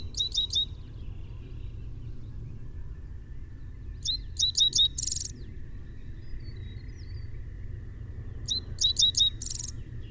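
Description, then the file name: Dickcissel singing three times, each phrase a run of crisp chips, the last two closed by a rasping buzz, roughly four seconds apart over steady low background hum. "Dickcissel - Spiza americana"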